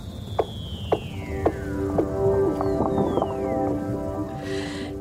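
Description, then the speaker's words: Weddell seal underwater calls, long whistled glides sliding steadily downward, one after another, over steady droning tones and a low rumbling background. Heard underwater beneath Antarctic sea ice from an observation tube; many seals calling all around, sounding like synthesizers. "And you can hear all of these amazing Weddell seals, which sound like synthesizers all around you."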